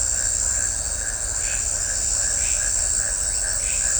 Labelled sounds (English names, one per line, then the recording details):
none
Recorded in shrubland near Pivijay, Magdalena, Colombia, on 2 June 2023 at 20:30
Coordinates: 10.453, -74.365
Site P5-G022